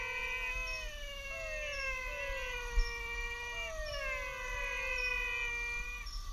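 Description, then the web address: Menwig frog calls: drawn-out whining notes that slide downward, several callers overlapping continuously. "Physalaemus albonotatus"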